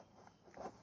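A driver pulls the seat belt gently across, since a hard pull would lock it, and pushes the metal tongue into the car seat belt buckle. A sharp click is heard at 0.5 s, and the belt latches and is fastened.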